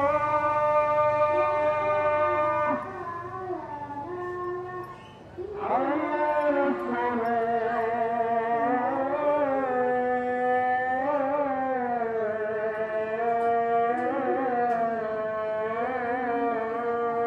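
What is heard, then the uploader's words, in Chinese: A call to evening prayer sounds over the streets of Surabaya: a sustained, wavering chanted voice holding long tones. The first phrase ends near five seconds, then a new, stronger phrase begins around six seconds with slow, ornamented pitch bends, over a low, steady street murmur. Urban Soundscapes - East Java, call to evening prayers in Surabaya recorded by Nigel Brown。東爪哇泗水市區的街巷空間，以及正值穆斯林晚間拜禱時刻的聲音風景。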